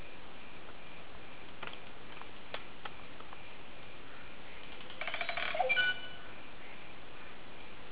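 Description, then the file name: Green oropendola with scattered dry clicks, then a brief bubbling, gurgled phrase near the end against constant low hiss. "psarocolius viridis"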